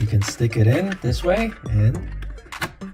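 Someone talks while a plastic outlet shelf plate, with its cover plate trimmed along one edge because it was too big, is pushed into place over a wall receptacle. Short, sharp clicks at 2.5 and 2.6 seconds mark it snapping onto the wall plate and seating.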